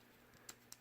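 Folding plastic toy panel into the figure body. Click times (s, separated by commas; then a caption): 0.7 s. A plastic panel of a Transformers Hunt for the Decepticons Voyager figure (Sea Spray or Scout Breacher) is folded into the figure body. A short sharp tick at 0.5 s comes before a crisp click at 0.7 s, when the piece snaps into its locked position, seated.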